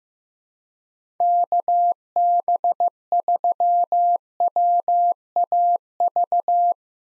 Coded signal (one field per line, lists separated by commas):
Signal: Morse code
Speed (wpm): 15 wpm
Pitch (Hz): 700 Hz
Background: none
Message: KB3WAV